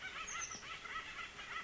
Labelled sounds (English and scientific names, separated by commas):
Oak Titmouse (Baeolophus inornatus)